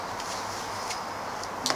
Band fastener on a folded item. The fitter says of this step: så knäpper Fast där